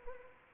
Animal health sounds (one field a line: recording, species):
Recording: mosquito wingbeat signal from an infrared sensor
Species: Anopheles arabiensis